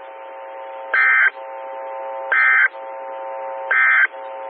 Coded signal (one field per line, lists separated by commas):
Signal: Emergency Alert System (SAME) tones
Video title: 2014-05-11 - WX9MCS 147.255 MHz SKYWARN Repeater